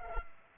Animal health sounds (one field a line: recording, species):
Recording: mosquito wingbeat signal from an infrared sensor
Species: Culex pipiens